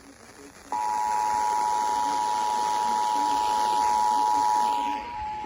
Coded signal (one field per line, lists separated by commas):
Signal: Emergency Alert System (SAME) tones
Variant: 853 and 960 Hz attention tone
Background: speech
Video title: EAS #309-310 Flash Flood Warning